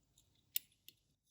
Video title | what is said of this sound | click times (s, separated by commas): Waltham P.S. Bartlett Pocket Watch - How to remove and clean Balance Jewels. | everything clicks into place. | 0.6 s